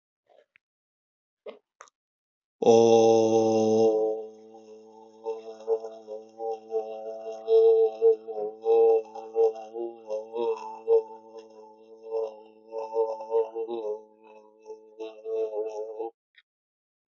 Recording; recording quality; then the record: sustained vowel as in boot; excellent, no background noise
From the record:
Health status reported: healthy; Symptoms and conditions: none ticked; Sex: male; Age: 51 years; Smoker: not ticked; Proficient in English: yes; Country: India